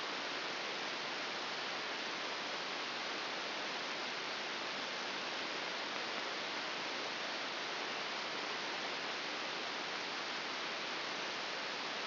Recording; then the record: brain microelectrode recording played as sound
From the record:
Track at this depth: inside the subthalamic nucleus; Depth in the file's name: 3.298 mm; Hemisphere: left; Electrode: 2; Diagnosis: Parkinson's disease